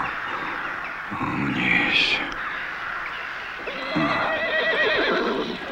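A horse neighs loudly in two drawn-out, quavering whinnies, the second rising after a brief lull, with a steady rough background noise throughout.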